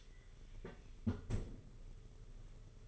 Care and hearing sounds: daily activity, microphone in the room; close fridge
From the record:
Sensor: 4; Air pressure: 991.8 hPa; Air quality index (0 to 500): 105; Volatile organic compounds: 15 ppm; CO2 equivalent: 2494 ppm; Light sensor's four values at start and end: 19/63/23/24 and 19/65/24/24

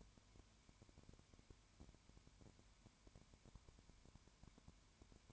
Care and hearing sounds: daily activity, microphone in the room; no activity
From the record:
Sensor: 2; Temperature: 20.0 degrees Celsius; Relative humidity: 32.1%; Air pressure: 1001.1 hPa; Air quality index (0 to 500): 55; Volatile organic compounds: 1 ppm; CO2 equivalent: 604 ppm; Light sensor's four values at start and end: 2/3/2/2 and 2/3/2/2

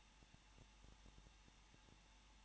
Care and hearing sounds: daily activity, microphone in the room; no activity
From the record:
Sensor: 1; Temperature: 20.1 degrees Celsius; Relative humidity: 39.4%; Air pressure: 1006.4 hPa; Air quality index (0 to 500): 219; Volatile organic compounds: 81 ppm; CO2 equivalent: 3616 ppm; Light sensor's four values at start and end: 1/2/1/1 and 1/2/1/1

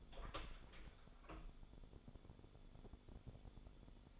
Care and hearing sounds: daily activity, microphone in the room; open door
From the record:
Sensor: 5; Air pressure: 1015.3 hPa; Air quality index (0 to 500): 210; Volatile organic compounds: 11 ppm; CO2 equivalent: 2286 ppm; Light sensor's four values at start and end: 35/80/32/31 and 35/80/32/31

